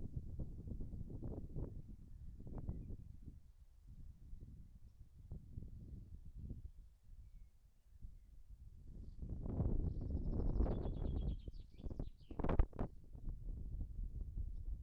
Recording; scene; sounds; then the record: everyday scene through a hearing-aid microphone; wind on the microphone; wind, birds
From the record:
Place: in front of a rural house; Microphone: behind the ear, right, rear